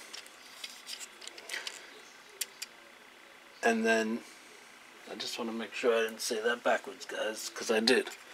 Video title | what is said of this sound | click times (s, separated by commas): Leg Assembly Tips : Nova SpotMicro - a Spot Mini Quadruped Robot Dog Clone | so that'll snap right into there | 2.4 s